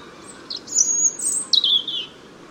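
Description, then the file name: European Robin song phrase: thin, very high whistled notes, a sustained sweeping tone, then a descending liquid trill in the second half, over faint background hiss. "Erithacus rubecula"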